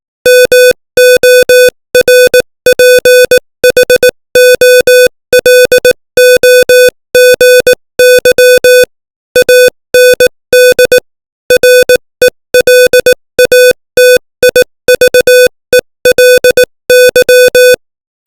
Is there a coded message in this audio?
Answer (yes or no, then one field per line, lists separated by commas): yes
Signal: Morse code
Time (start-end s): 0.3-17.7 s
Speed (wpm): 18 wpm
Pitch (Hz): 500 Hz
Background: music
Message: MORPHOLOGY AND RELATIVELY